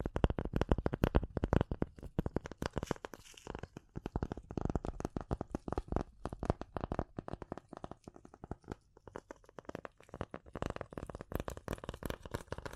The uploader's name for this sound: Tapping & Scratching